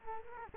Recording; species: mosquito wingbeat signal from an infrared sensor; Culex quinquefasciatus